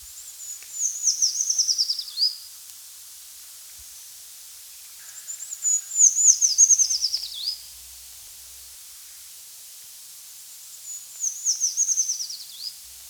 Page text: Eurasian Treecreeper Song. Quick Sounds